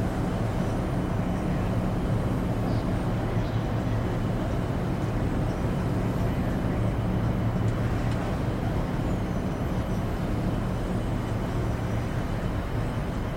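Ferry cabin ambience: a steady, dense low rumble of engine drone runs throughout, with faint hum bands in the low range holding constant. The level stays even for the whole 13 seconds, with a light airy hiss above and only faint, brief ticks in the upper range.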